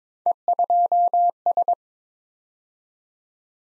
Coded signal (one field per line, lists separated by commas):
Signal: Morse code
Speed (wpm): 22 wpm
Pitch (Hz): 700 Hz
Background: none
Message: E2S